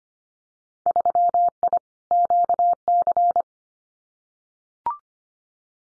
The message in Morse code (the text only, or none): 3I QC